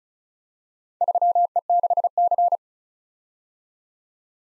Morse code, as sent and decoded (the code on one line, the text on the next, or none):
...-- . -.... -.-.
3E6C